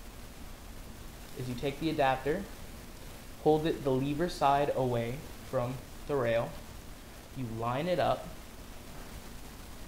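A plastic lens adapter for an XShot iPhone 4 case is held with its lever side away from the rail and lined up on the phone case's mounting rail, ready to slide on. Someone talks throughout, with only faint rustling and background noise. Nothing has seated or clicked yet.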